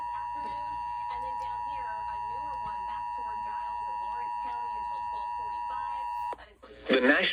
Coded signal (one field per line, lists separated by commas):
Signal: Emergency Alert System (SAME) tones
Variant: 853 and 960 Hz attention tone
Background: speech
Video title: Severe Thunderstorm Warning (FM Radio EAS #17)